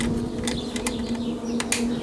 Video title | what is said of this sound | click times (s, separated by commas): Replace 2002-2006 Honda CR-V Door Handle Interior, How to Change Install 2003 2004 2005 | snaps right into place there we go easy as that | 1.7 s